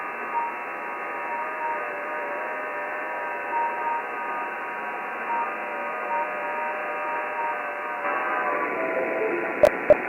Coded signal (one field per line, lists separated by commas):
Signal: FT8